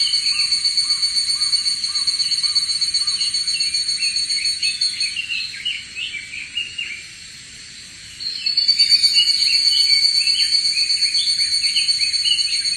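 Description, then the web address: Evening cicada producing a shrill, steady high trill that pauses for about three seconds midway, then resumes, with a few low looping notes near the start. Recorded 8 July 2011. "insect si higurasi 20110708"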